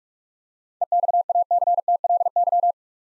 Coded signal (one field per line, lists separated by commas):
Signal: Morse code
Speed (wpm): 42 wpm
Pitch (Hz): 700 Hz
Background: none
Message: EXACTLY